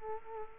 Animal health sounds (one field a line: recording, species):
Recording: mosquito wingbeat signal from an infrared sensor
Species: Culex quinquefasciatus